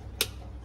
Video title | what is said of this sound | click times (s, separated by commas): Military Quality 4 eyes GPNVG Ground Panoramic Night Vision Goggles | goggles you see here there's a click that means already prepared | 0.2 s